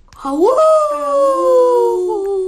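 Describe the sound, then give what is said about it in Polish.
A human voice imitates a howl in answer to the Polish word 'wyje' (howls) read aloud from a children's book: a loud wail that sweeps upward, then holds a long, steady tone that slowly sinks in pitch for about two seconds. “Wyje.”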